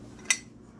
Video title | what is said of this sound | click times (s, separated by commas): The Rebuild Part.4 "Front Brakes" | this pretty much goes right here locks in place like that | 0.3 s